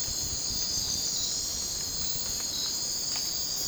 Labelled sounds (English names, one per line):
none